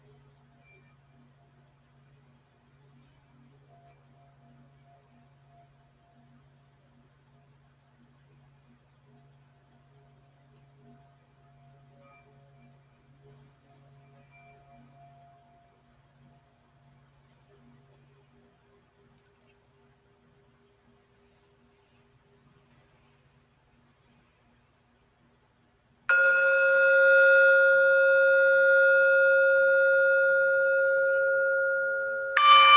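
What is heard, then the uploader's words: Near-silence with a faint low hum lasts until about 26 seconds, when a singing bowl is struck loudly and rings steadily to the end. Sounds of Singing Bowls.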